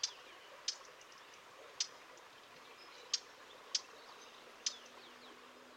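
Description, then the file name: Eurasian blackcap giving sharp, hard tacking clicks, six single notes spaced irregularly about a second apart, over a quiet background hum. "Sylvia atricapilla"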